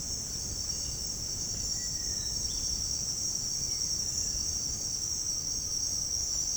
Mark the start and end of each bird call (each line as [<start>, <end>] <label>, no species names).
[1.64, 2.69] bird call
[3.52, 4.46] bird call